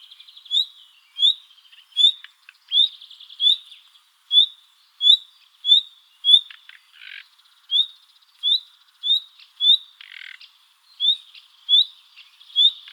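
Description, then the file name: Common nightingale repeating a sharp rising whistle roughly every half second to second, with occasional short harsh rasps mixed in. "Luscinia megarhynchos"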